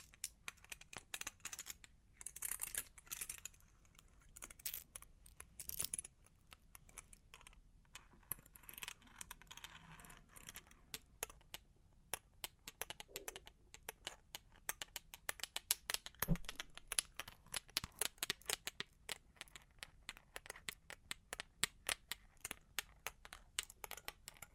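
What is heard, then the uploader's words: Long claws tap and scratch in quick, dense bursts of sharp, bright clicks, some close together like fast typing and others spaced apart. Softer scraping fills the gaps early on, while the clicks grow sharper and more regular in the second half. Long Claws Tapping and Scratching (No Talking).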